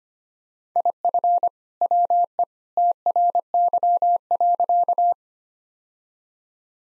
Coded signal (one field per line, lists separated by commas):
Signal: Morse code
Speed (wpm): 25 wpm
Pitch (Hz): 700 Hz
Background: none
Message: IF WE TRY.